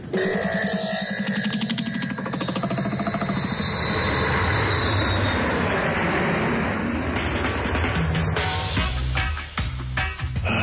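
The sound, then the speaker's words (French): The engines of an A3DX airplane, warmed up for a flight to Peru, roar steadily with a loud, dense drone and a high whine on top, then the pitch shifts and the noise surges unevenly toward the end. No one speaks. “Tex, tu fais chauffer l'avion, s'il te plaît?”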